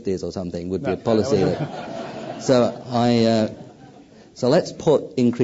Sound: laughter

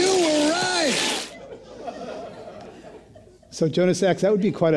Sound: laughter

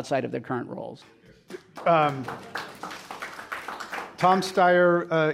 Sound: applause

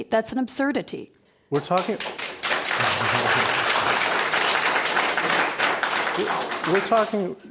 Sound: applause

